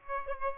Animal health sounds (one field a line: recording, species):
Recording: mosquito wingbeat signal from an infrared sensor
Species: Aedes aegypti